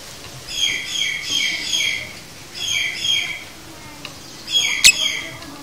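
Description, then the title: Lovebird chatter in bursts of harmonic chirping notes, pausing between phrases, with a sharper shriek near the end. Training recording for a lovebird, demonstrating the 'konslet' chattering song style. "Masteran Lovebird Konslet"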